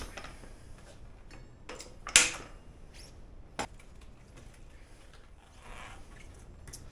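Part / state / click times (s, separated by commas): tubeless tire bead onto bicycle wheel rim / seated / 2.2 s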